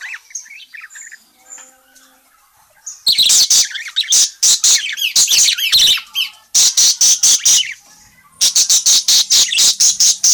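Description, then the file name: Parakeet calls: soft scattered chatter at first, then loud, harsh, high chirps in rapid bursts with short pauses between the runs. Bird chatty and in full voice, calling. "suara burung parkit gacor memanggil"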